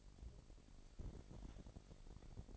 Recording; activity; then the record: daily activity, microphone in the room; take from stove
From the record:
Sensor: 5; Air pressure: 1012.2 hPa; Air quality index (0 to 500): 235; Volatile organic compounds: 4 ppm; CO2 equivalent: 1562 ppm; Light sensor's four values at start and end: 44/99/42/45 and 44/102/43/45